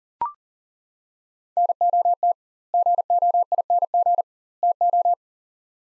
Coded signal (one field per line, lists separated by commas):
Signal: Morse code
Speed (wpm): 39 wpm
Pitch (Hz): 700 Hz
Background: none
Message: NOT GOING TO